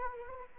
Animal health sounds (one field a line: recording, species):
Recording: mosquito wingbeat signal from an infrared sensor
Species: Anopheles arabiensis